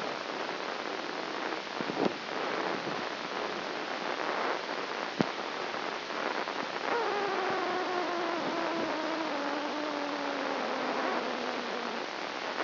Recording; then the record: brain microelectrode recording played as sound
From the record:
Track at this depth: outside the subthalamic nucleus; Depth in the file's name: 1.006 mm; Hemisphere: right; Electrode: 2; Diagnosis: Parkinson's disease